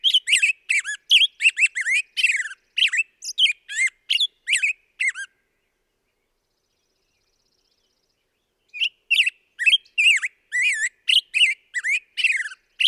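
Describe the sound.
Black-headed grosbeak song in two long bursts of rapid, rich whistled phrases separated by a pause of several seconds of quiet.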